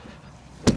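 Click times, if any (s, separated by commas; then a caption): 0.7 s. The rear hatch window of a 2025 Airstream International 27FBQ travel trailer is lowered into its latch, with a quiet, low background hum at first. A single sharp latch clack sounds at 0.7 s, followed by a brief low rumble as the hatch locks in place.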